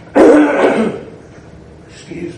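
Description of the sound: One short, harsh, throaty cough from an adult man, almost a throat clearing, caused by something clinging to his tonsils that makes his voice sound gurgling, then quiet room sound.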